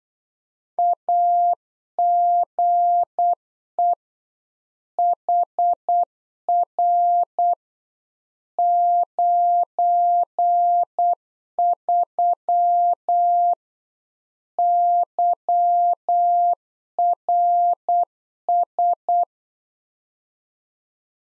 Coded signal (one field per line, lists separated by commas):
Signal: Morse code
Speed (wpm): 8 wpm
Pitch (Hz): 700 Hz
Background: none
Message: AGE HR 93 YRS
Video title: Practice QSO - Exchange 3- More Info - 8wpm